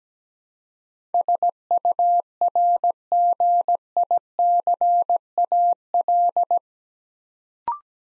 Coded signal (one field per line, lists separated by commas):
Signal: Morse code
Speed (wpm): 17 wpm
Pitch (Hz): 700 Hz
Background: none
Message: SURGICAL